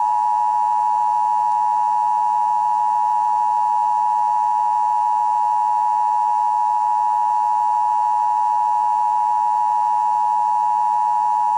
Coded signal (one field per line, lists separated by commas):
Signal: Emergency Alert System (SAME) tones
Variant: 853 and 960 Hz attention tone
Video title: KSL Emergency Broadcast System (EBS) Test, 8/21/1988